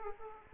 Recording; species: mosquito wingbeat signal from an infrared sensor; Aedes aegypti